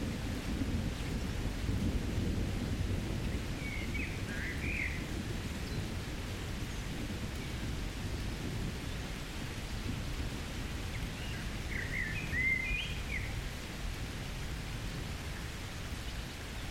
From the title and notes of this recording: A summer thunderstorm over Oxford. The rain hits the tree canopy, softening the sound to a relaxing bed, with almost constant, low key rumbles and grumbles of thunder rather than loud, infrequent cracks. Thunderstorm in the trees.